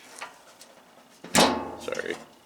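Someone briefly talks while working a washing machine lid onto the lid switch lever in the machine's top. Faint ticks sound near 0.2 s and 0.6 s, then a loud knock and clatter at about 1.3 s, followed by lighter rattles around 1.9 to 2.1 s. The lever is being handled, and nothing has seated or clicked home yet.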